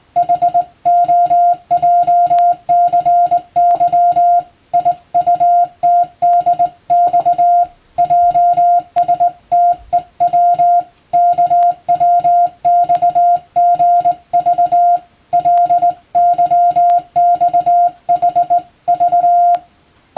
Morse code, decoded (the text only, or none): HOJCY IUTDX JSTEW KWXGV LYXHV